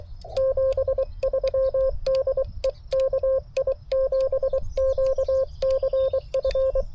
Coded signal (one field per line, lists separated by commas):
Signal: Morse code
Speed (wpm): 23 wpm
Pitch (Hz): 530 Hz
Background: none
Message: 73 DE KI7QCF